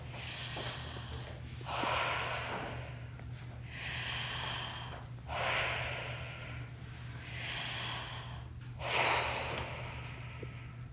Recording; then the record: deep breathing after running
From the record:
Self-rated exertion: light exertion (2 of 6); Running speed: 5 miles an hour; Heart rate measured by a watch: 124 beats a minute at the start, 125 at the end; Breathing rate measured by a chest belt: 14 breaths a minute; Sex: female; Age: 31 years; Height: 167 cm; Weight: 62 kg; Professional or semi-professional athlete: no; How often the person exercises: 3 to 5 times a week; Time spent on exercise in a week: 4 to 5 hours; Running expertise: no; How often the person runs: 3 to 5 times a week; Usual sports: running, cycling, weight training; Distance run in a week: 15 miles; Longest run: 42 km